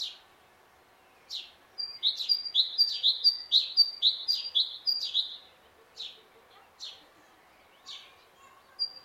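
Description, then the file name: Great tit song of rapid, high, see-sawing double notes for several seconds, with scattered sharp high notes before and after. "Parus major"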